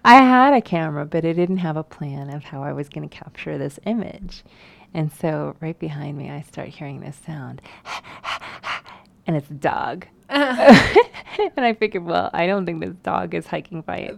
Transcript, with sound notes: had a camera, but I didn't have a plan of how I was going to capture this image. Right behind me, I started hearing this sound [panting] and it's dog. I figured, "I don't think this dog is hiking by itself."